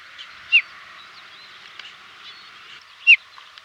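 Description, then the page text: Desert lark calls: two short, sharp downslurred notes about two and a half seconds apart over a faint background of soft chirps. "Desert Lark Call. Quick Sounds"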